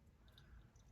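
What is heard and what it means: The metal clasp of a 7-inch bracelet is handled against its catch, making low, soft rubbing and handling noise with a faint brief tick near 0.4 s. Nothing has seated or clicked yet.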